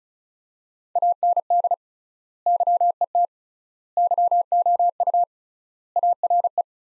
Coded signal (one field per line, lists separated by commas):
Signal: Morse code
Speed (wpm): 36 wpm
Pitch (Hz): 700 Hz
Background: none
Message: AND YET YOU ARE